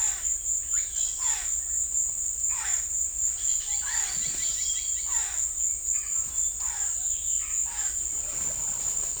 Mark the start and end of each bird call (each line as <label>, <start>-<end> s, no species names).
bird call, 1.16-1.48 s
bird call, 2.48-2.92 s
bird call, 3.35-7.91 s